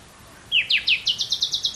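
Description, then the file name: Common nightingale song phrase: a few loud descending slurs, then a steady series of short, high notes in quick succession. "Luscinia megarhynchos"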